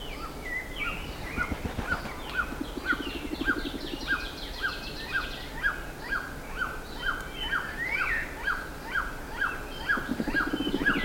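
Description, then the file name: Bird calls: repeated short notes about twice a second, joined by a fast buzzy trill and varied higher chirps from other birds, with low rumbling noise. "SABIOD 50 bird 2015"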